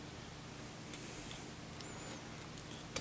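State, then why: Seated. A battery is fiddled with in the holder of a flashing-light LED gift board after it had been pushed in too far and was not seated properly. Several small ticks sound over a steady low hiss, ending in a sharper click at 3.0 s. The battery is then seated and the lights come on.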